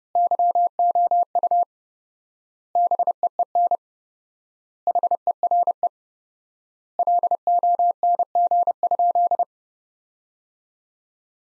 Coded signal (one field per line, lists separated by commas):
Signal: Morse code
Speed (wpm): 30 wpm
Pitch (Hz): 700 Hz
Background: none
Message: YOU BEEN HERE LONG?